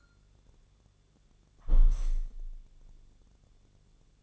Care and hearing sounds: daily activity, microphone in the room; close window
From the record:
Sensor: 4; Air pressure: 1001.2 hPa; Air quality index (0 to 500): 166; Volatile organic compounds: 2 ppm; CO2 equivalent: 1190 ppm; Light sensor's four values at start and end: 12/29/12/12 and 12/29/12/12

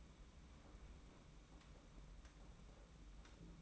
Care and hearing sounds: daily activity, microphone in the room; open fridge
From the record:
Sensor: 1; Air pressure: 991.8 hPa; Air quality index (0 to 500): 205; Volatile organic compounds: 1000 ppm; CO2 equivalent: 7929 ppm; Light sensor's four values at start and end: 28/100/38/39 and 28/100/38/39

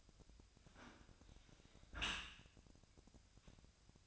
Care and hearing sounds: daily activity, microphone in the room; close dishwasher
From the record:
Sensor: 2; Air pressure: 1003.0 hPa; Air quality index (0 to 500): 198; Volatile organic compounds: 6 ppm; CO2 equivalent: 1878 ppm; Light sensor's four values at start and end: 14/34/15/16 and 14/33/14/16

